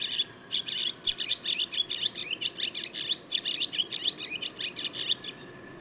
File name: Barn Swallow